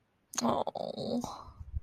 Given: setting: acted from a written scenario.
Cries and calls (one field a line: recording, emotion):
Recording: vocal sound without words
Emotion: sympathy